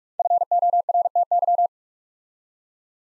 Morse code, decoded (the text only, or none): FORTY